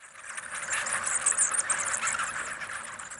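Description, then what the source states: Mexican free-tailed bats chattering in a dense, continuous stream of high squeaky chirps and twitters, many overlapping calls with no pause throughout. Bats roosting in library eaves on a university campus; part of an integrated pest management program using bat boxes to control insect pests.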